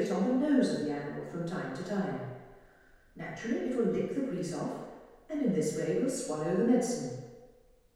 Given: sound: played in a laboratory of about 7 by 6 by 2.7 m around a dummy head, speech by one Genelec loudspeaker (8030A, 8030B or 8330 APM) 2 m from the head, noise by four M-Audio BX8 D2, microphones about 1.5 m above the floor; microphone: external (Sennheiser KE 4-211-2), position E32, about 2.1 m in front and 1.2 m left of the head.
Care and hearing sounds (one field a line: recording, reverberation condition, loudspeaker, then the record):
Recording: female speech in English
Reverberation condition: high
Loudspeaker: 150 degrees to the left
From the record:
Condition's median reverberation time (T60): about 1300 ms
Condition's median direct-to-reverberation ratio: about -4.0 dB